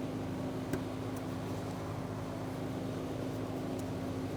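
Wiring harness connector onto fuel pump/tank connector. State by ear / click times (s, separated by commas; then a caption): seated / 0.7 s. A wiring harness connector is pushed onto the fuel tank's electrical connector on a 2002–2006 Toyota Camry during a vapor canister replacement. Over a steady background hum, a faint, short click sounds at 0.7 s. The connector is seated.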